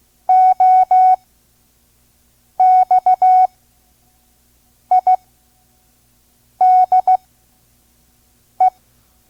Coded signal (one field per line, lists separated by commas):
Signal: Morse code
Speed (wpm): 16 wpm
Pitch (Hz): 740 Hz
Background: none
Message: OXIDE